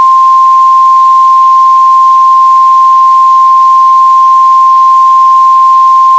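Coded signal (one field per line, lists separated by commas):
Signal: Emergency Alert System (SAME) tones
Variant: 1050 Hz attention tone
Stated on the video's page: Recreation of a required weekly test, not a live alert.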